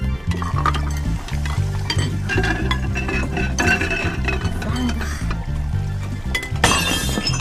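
Dishes clink and clatter as they are washed over steady background music, then a sudden bright crash of a dish shattering bursts out near the end.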